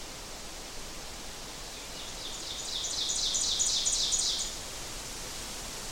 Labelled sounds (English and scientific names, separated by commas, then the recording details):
Ovenbird (Seiurus aurocapilla) song
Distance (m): 35 m
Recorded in boreal forest in Alberta, Canada, on 12 June 2016 at 07:07
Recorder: SongMeter 3, array SBT-3-18
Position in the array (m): 239 m, 84 m
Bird 31